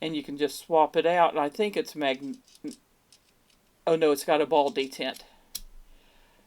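A screwdriver bit is swapped into a multitool's bit driver while someone talks, noting it has a ball detent. A sharp, short click is heard at 5.6 seconds as the bit seats and is held by the ball detent.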